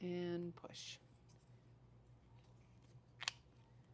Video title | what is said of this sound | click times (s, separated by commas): Fabulous Friday August 22nd, 2025 | and it snaps into place. | 3.2 s, 3.3 s